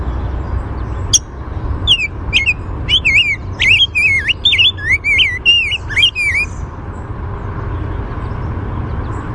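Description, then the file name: Rose-breasted grosbeak giving a single sharp high note, then a rich warbled song of rapid slurred whistles lasting about four and a half seconds, with low background rumble. Chink call and song. "RBGR chink song"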